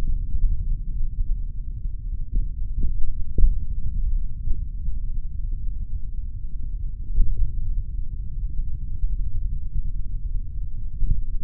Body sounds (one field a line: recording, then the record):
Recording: forearm muscle sounds (acoustic myography)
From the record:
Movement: finger pinch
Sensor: system 3, bracelet of six PUI Audio POM-2738L microphones around the upper forearm, with dedicated amplification and filtering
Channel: 2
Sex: male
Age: 26 years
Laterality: right